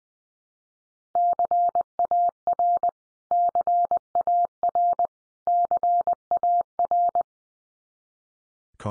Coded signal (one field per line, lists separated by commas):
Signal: Morse code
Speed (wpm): 20 wpm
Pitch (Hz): 700 Hz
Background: none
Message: CAR CAR CAR